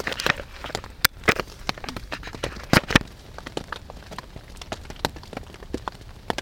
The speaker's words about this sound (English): November 9th. And here it's raining. It's 10:20.